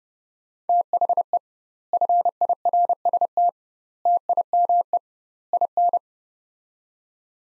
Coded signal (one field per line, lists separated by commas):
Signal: Morse code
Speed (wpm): 32 wpm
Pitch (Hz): 700 Hz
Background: none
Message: THE FIRST TIME IN